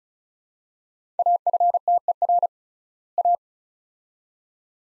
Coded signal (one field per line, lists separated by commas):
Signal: Morse code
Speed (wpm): 36 wpm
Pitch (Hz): 700 Hz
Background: none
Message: AFTER A